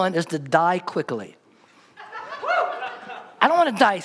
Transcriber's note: laughter